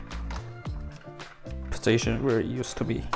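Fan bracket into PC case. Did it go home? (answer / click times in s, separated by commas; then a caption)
no / none. A fan bracket is lined up where it used to sit in an Alienware Aurora R11/R12 PC case before being pushed home, and nothing has seated or clicked yet. Someone talks over music, with brief tapping handling sounds at about 0.1, 0.3 and 0.7 seconds.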